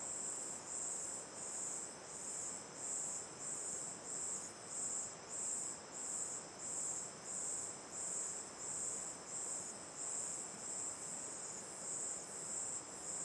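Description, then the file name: Crickets chorus in a high, buzzy trill pulsing steadily about three times every two seconds, over a constant broad rushing of water. Night ambience facing the mouth of Terra Ronca 1 cave; crickets in chorus, river on the left; recorded with an A-B stereo microphone pair. "Ambiencia olhando para boca da caverna terra ronca 1 a noite, coro de cigarras e grilos, rio a esquerda, gravacao em ab"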